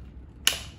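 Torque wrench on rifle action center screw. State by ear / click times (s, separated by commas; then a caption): torque reached / 0.5 s. A torque wrench is turned again on a rifle's action center screw and breaks over a second time, giving one sharp, bright click at 0.5 s over a quiet low rumble. The click's brief ringing tail fades within about a quarter second, confirming the second click on the center screw.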